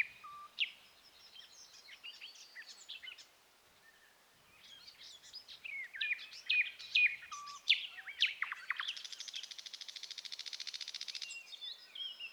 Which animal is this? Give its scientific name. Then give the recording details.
Luscinia luscinia. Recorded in the wild. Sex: male. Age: adult. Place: Wizna, Lomzynski Park Krajobrazowy Doliny Narwi, Podlaskie Voivodeship, PL. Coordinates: 53.1844, 22.4117. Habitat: shrubland. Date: 2016-05-27 09:10. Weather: clear sky, light breeze. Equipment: Marantz PMD660 recorder, Sennheiser ME67 directional microphone. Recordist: Souriau, Abel